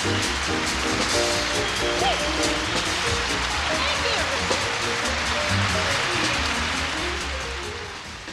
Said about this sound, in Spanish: Con este ritmo, esos aplausos que su día fueron grabaciones, en fin, en directo.